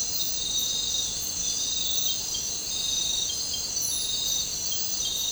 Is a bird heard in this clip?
no